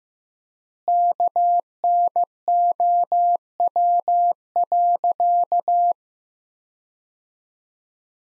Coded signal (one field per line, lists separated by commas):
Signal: Morse code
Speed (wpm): 15 wpm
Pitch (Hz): 700 Hz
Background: none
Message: KNOW.